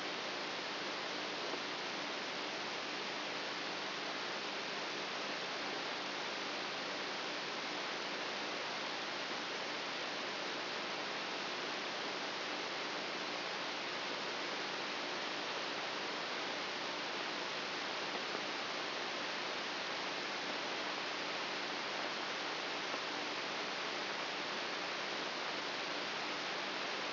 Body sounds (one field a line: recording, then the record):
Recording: brain microelectrode recording played as sound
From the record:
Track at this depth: outside the subthalamic nucleus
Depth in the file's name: 6.84 mm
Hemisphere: right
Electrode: 3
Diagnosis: Parkinson's disease